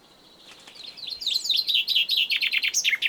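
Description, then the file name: Common chaffinch song: a series of repeated high notes stepping downward, finishing with a short flourish. "Fringilla coelebs"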